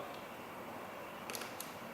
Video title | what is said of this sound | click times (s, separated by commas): TaiDoc VTRUST Vital Sign Monitor TD-2300 全影片含說明 | You hear the click. | 1.3 s, 1.4 s, 1.6 s